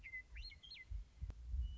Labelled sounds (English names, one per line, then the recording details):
Western Meadowlark
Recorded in Sonoma County, California